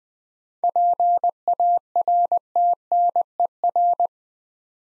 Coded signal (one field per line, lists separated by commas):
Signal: Morse code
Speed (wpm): 20 wpm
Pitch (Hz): 700 Hz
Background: none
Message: PARTNER